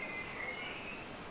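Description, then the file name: Common blackbird uttering a short, thin, piercing high whistle on an even pitch, heard once, with a faint lower tone and light hiss behind. "Turdus merula"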